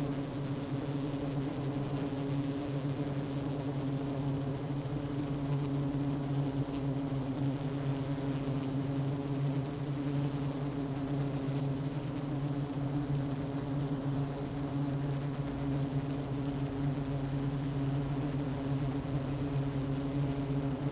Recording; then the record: honeybee colony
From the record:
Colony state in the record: active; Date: 12 June 2018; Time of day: 10:03